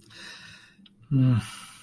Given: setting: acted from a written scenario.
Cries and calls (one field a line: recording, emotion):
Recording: vocal sound without words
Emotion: guilt